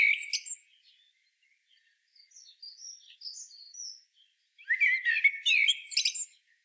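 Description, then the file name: Common blackbird delivering a brief mellow phrase, then thin high notes, then a louder burst of warbling mixed with scratchy twitters. "Turdus merula"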